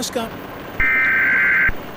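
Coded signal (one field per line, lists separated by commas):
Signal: Emergency Alert System (SAME) tones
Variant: header bursts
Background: speech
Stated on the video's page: Fictional Hopkinsville tornado EAS scenario.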